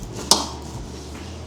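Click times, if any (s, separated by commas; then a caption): 0.3 s. With the collar slid back, the male end of a bulk oil disposal hose is pushed into the female quick-release coupling on the disposal port of a Henny Penny GVE fryer. A single sharp metallic click sounds at 0.3 s over a low background hum. The hose's quick-connect is seated.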